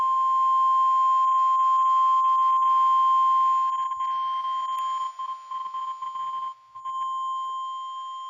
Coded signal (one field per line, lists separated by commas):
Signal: Emergency Alert System (SAME) tones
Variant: 1050 Hz attention tone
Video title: EAS Scenario #4 Robert The Shark Error Part 1 Without Sirens)